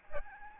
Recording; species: mosquito wingbeat signal from an infrared sensor; Aedes albopictus